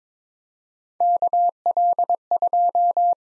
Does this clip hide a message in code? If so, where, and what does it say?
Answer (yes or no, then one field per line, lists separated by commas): yes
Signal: Morse code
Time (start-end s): 1.0-3.1 s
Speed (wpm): 22 wpm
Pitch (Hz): 700 Hz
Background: none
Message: KL2